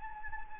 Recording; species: mosquito wingbeat signal from an infrared sensor; Anopheles gambiae